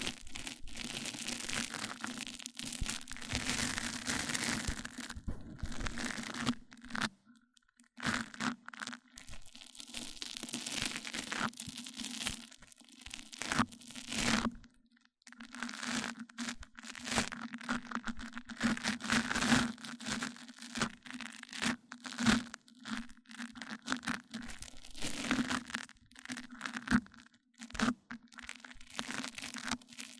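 Mic-on-mic triggers: dense crackling, crinkling scratches over a steady low hum, with brief silent gaps near seven, fifteen and twenty-seven seconds.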